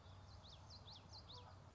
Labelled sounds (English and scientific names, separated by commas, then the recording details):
Common Yellowthroat (Geothlypis trichas)
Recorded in Sonoma County, California